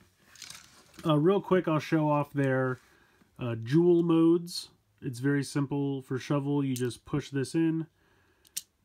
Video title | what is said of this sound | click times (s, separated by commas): Mashin Sentai Kiramager DX Kiramajin Review | that all the way in and then this comes up and clicks into place there | 8.6 s